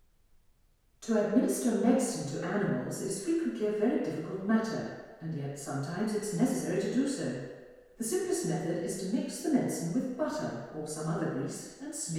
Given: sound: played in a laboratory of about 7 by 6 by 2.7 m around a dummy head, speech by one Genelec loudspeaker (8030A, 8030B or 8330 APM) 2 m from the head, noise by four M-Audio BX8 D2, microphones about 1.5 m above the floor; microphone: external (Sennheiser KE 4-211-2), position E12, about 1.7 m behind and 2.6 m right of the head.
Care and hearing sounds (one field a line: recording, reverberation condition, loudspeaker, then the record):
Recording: female speech in English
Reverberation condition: high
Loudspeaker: 90 degrees to the left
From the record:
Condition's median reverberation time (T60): about 1300 ms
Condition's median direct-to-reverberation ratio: about -4.0 dB